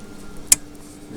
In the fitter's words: way everything just snaps into place